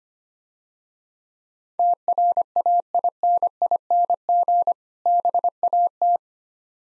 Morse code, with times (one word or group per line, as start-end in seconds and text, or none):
1.8-4.7 TRAINING
5.1-6.2 BAT